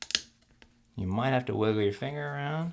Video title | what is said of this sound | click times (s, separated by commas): LEFT ARROW key replacement on the 13" Macbook Pro Early 2009 Core 2 Duo 2.53 Ghz | and now to get that installed you're just going to push down on it until it clicks in place | 0.0 s, 0.2 s